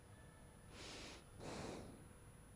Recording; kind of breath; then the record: one breath in and out by a microphone near the nose and mouth; normal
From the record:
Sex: male